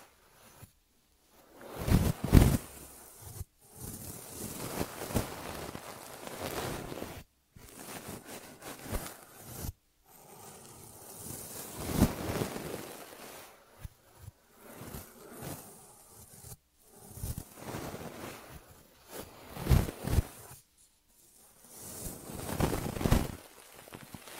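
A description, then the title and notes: ASMR ear treatment with bursts of scratchy, crinkly rubbing that swell and fade, broken by brief silent pauses every few seconds. ASMR 3D Brain Penetrating Ear Treatment.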